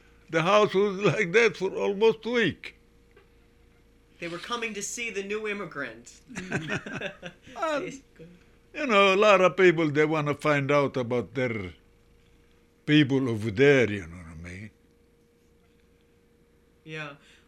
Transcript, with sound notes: The house was like that for almost week.
They were coming to see the new immigrant. (they laugh)
You know, a lot of people they want to find out about their people over there, you know what I mean?